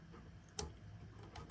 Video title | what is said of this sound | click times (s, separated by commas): Cuisinart CBK-110 Bread maker disassembly and belt replacement | Keeps it locked on. So, maybe I don't know if you can hear the click. | 0.6 s